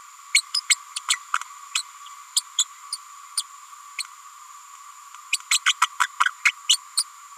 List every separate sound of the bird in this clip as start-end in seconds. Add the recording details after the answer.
0.34-0.42, 0.54-0.60, 0.69-0.76, 0.96-1.00, 1.08-1.17, 1.33-1.38, 1.74-1.82, 2.36-2.42, 2.57-2.64, 2.92-2.97, 3.37-3.42, 5.32-5.38, 5.50-5.59, 5.66-5.73, 5.81-5.87, 6.00-6.07, 6.25-6.29, 6.45-6.51, 6.69-6.77, 6.97-7.04. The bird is a female. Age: 30 days. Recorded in a nest box in Venezuela. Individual 17B102A6